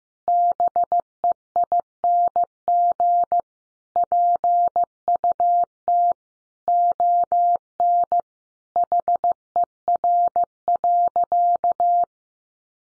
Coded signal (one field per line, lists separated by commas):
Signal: Morse code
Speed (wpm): 15 wpm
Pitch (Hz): 700 Hz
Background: none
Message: BEING PUT ON HER.